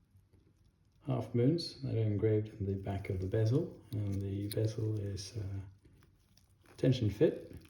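Someone talks while handling a freshly painted, tension-fit rotating bezel over the case of a Zodiac Seawolf chronometer (calibre 70-72) being serviced, with a small ruby meant to click against half-moons engraved in the back of the bezel. A few faint, short ticks of handling come near the end, but the bezel has not yet been pressed home and nothing has seated or clicked.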